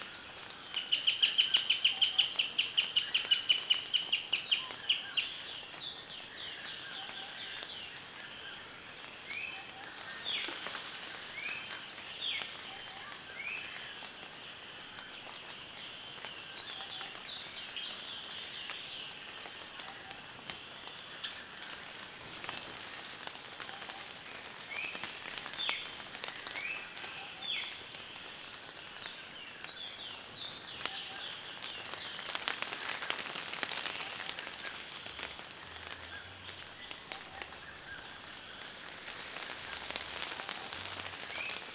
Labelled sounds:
Brown-chested Alethe
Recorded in Kibale, Uganda

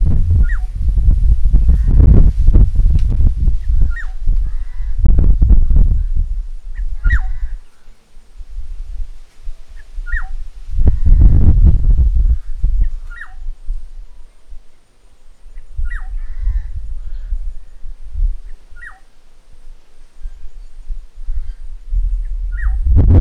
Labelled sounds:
African Black-headed Oriole
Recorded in northern Uganda

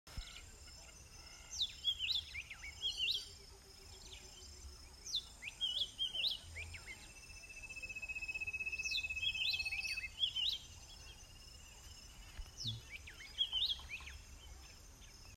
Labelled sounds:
White-browed Robin-Chat
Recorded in northern Uganda

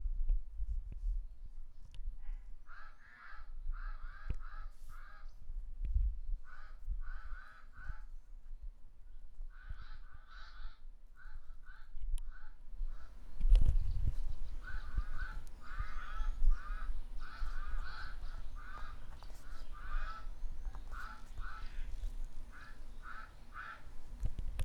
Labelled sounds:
Pied Crow
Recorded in northern Uganda

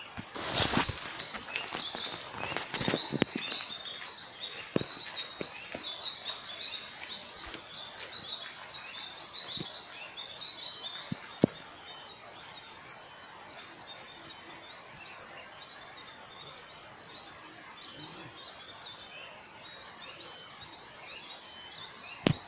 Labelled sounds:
White-bellied Robin-chat
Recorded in Bwindi, Uganda

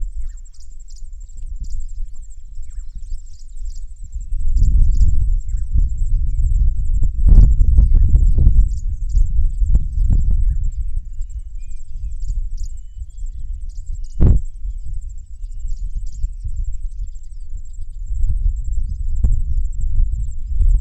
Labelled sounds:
Red-pate Cisticola
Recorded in northern Uganda

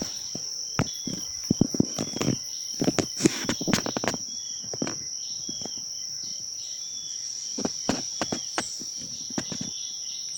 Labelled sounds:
Jameson's Antpecker
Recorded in Bwindi, Uganda

